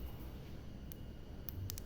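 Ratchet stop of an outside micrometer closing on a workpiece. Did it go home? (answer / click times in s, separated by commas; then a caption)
yes / 1.5 s, 1.7 s, 1.8 s. The ratchet stop of an outside micrometer is turned until the steel spindle bottoms on the workpiece, and the ratchet then slips with short, sharp clicks at 1.5, 1.7 and 1.8 s, after a softer tick at 0.9 s over a low hum. This confirms contact force is reached, and the thimble should not be forced further or the micrometer can be damaged.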